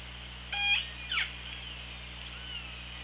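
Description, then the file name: Killer whale pulsed calls, two brief harmonic bursts with a falling sweep, over steady underwater hiss and low hum. Hydrophone, 24 August 2017. "Orca Lab. 20170824"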